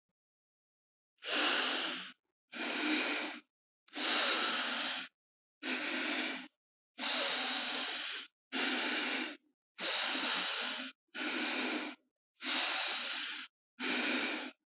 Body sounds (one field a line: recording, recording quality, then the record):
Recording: deep breathing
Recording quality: excellent, no background noise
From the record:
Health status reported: healthy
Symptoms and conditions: none ticked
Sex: male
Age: 21 years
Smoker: not ticked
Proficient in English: yes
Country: India